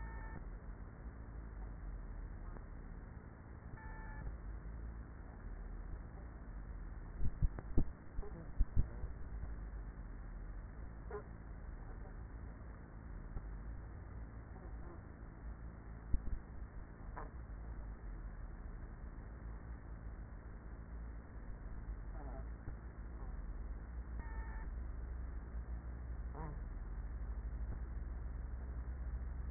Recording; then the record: honeybee colony, microphone inside the hive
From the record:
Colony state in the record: queenless with a low population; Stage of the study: after two queens were removed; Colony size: about 30,000 bees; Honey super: no